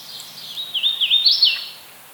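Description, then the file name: Hooded Warbler gives one ringing song phrase, wavering whistled notes that swing up to a bright peak and then drop off. "Setophaga citrina - Hooded Warbler"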